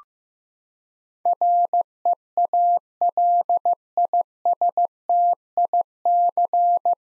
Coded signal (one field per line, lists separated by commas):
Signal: Morse code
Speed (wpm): 15 wpm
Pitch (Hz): 700 Hz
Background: none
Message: REALISTIC